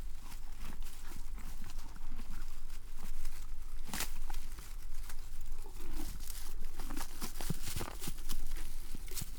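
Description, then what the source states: Horse eating: dense crunching and rustling of fodder, with sharp bites scattered throughout over a low steady rumble. Horse eating grass and hay.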